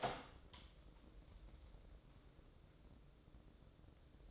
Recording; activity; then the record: daily activity, microphone in the room; open door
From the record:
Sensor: 3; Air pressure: 1012.3 hPa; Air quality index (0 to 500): 180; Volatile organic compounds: 3 ppm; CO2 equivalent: 1376 ppm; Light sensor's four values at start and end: 617/1536/637/658 and 615/1531/634/656